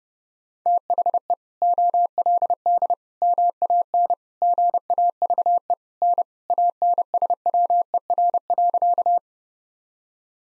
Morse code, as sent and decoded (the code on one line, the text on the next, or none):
- .... . / --- .-.. -.. / -- .- -. / --. .- ...- . / -. / .- -. ... .-- . .-. .-.-.-
THE OLD MAN GAVE N ANSWER.